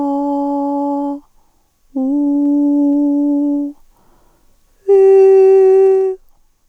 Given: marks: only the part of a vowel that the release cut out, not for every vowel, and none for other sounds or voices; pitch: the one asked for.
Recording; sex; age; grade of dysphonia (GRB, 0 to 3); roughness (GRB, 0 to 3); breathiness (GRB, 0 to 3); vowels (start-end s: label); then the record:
sustained vowels; female; 50 to 59 years; 2; 0; 2
0.00-1.06 s: vowel /a/, normal pitch
2.02-3.38 s: vowel /u/, normal pitch
5.02-6.03 s: vowel /i/, high pitch
From the record:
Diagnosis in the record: dysodia (singing voice disorder), hyperfunctional dysphonia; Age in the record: 54 years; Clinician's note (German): Zustand nach Knötchenabtragung vor 18 Jahren, aktuell keine Knötchen